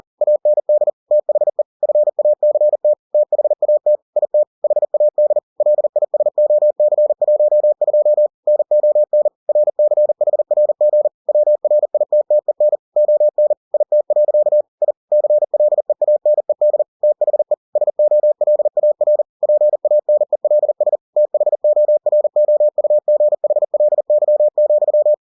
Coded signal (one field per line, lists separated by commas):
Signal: Morse code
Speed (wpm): 40 wpm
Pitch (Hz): 600 Hz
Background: none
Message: AND THE FACT THAT IT HAD LISOC12 NON RCHRG WRITTEN ON IT. I CLEANED THE SOLAR PANELS THOROUGHLY,